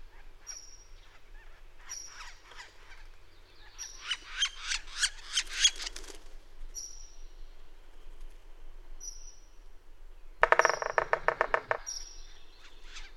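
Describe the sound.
Bird song: short high whistles repeated every couple of seconds, a series of rasping buzzy notes growing louder, then a loud fast harsh rattle near the end.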